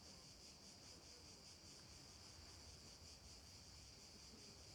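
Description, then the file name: Cicadas in a steady night chorus, a high shimmering buzz that pulses softly, over a low rumbling background. "Ambience Cicadas Night 1"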